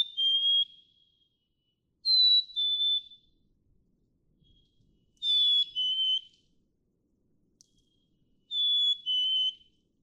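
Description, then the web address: Black-capped Chickadee sings a descending two-note whistle four times. "birdsongforthecurious songs Black-capped Chickadee"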